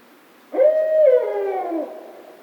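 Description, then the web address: Barred owl uttering a loud, rich hooting call, a sustained note that drops and fades at the end, lasting over a second, clear above a quiet background. Recorded 16 March 2010. "Barred Owl 2010 03 16 Barred Owl"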